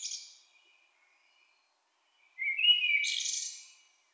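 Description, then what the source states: Blackbird song with the tail of one phrase, a silent gap, then a brief whistled note rising into a high squeaky flourish. In town.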